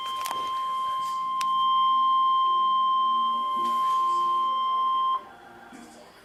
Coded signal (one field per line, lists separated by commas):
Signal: Emergency Alert System (SAME) tones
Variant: 1050 Hz attention tone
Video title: EAS Alert #331 (SVR)